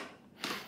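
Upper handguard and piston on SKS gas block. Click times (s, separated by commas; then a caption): 0.4 s. The upper handguard and gas piston of an SKS rifle, attached at the front to the gas block, are pulled down and snap into place with a sharp click at 0.4 seconds after a quiet lead-in. The handguard is seated.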